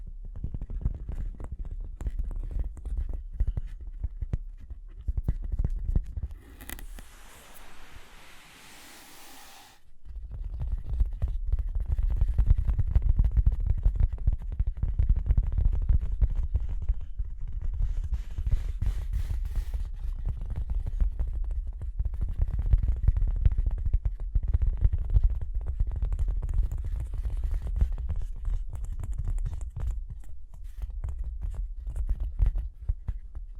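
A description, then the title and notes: Dense tapping and scratching runs through most of the recording, a thick low rumble with rapid, irregular clicks on top. Around seven to ten seconds it drops to a softer, hissy scraping, then the heavy tapping returns and stays steady to the end. Tapping and Scratching (No Talking).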